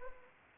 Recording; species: mosquito wingbeat signal from an infrared sensor; Anopheles arabiensis